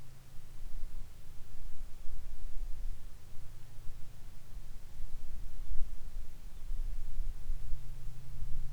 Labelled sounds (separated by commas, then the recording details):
bird, aircraft
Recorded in the Arctic National Wildlife Refuge, Alaska, on 22 July 2019 at 15:35
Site 41